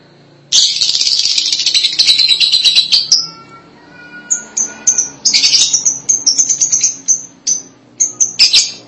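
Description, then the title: Lovebird chatter, a sustained harsh high twittering burst, then scattered sharp chirps and more chattering. "BM Suara Burung Lovebird"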